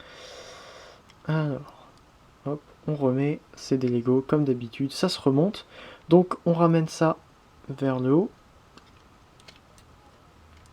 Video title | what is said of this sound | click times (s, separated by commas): Leader's Legoformers - OC Firestone | je veille à ce que tout soit bien enclenché comme il faut | 8.8 s, 9.4 s, 9.5 s, 9.8 s